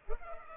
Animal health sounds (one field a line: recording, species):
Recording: mosquito wingbeat signal from an infrared sensor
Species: Culex pipiens